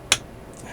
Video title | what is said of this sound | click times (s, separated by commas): Assembly of 1885 Vintage Illinois Pocket Watch | and then apply some pressure here and it will snap into place | 0.1 s